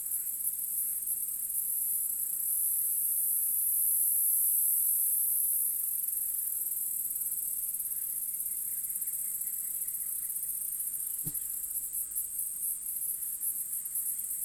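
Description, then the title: Cicada song: an unbroken high-pitched drone that swells louder early on, with a single sharp click near the end. Field recording made in Australia or Portugal during 2011; some recordings unaltered, others processed. "EMERGING TERRITORIES. Cicadas"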